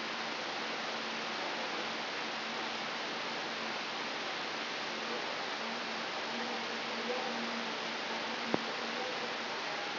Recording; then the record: brain microelectrode recording played as sound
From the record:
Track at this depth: inside the subthalamic nucleus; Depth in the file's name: 7.131 mm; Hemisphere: right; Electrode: 3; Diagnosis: Parkinson's disease